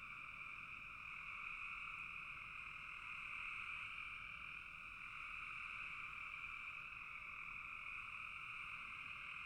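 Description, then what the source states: Frog chorus of many callers blending into a constant buzzing drone, slight swells in loudness but no pauses throughout. Frogs in a bog.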